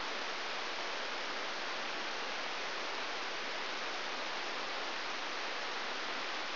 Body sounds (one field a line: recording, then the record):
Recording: brain microelectrode recording played as sound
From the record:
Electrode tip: outside the subthalamic nucleus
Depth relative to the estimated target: -4 mm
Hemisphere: right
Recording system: AlphaMap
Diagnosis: Parkinson's disease